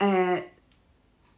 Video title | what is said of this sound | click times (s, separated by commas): Empty’s November 2023 Lifestyle & Beauty | it look guys it doesn't click it's meant to click | none